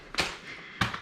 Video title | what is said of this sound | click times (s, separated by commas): Ickle Bubba Discovery Max vs Discovery Prime Pushchair Review | and then it clicks back into place | 0.8 s